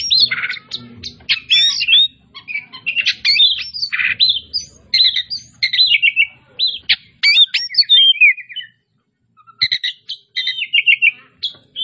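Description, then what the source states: Oriental magpie-robin delivering fast, varied song of clipped whistles and scratchy notes, pausing briefly before resuming with rippling phrases; a faint low hum underneath. Kacer Tretes, described as gacor (singing vigorously).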